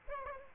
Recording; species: mosquito wingbeat signal from an infrared sensor; Aedes aegypti